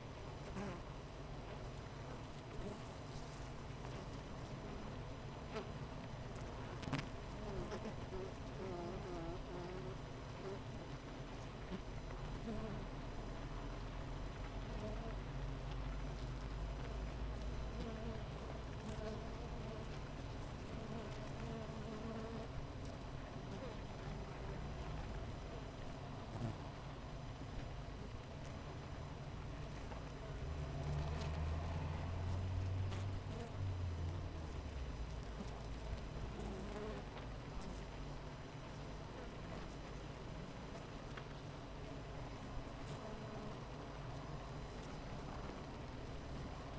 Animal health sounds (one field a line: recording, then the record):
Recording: honeybee colony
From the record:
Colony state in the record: missing queen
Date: 14 July 2017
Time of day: 7:47